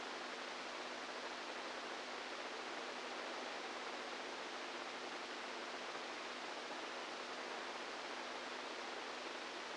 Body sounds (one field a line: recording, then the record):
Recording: brain microelectrode recording played as sound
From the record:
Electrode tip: inside the subthalamic nucleus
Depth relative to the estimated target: -4 mm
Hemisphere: right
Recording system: NeuroSet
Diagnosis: Parkinson's disease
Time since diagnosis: 10 years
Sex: female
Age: 67 years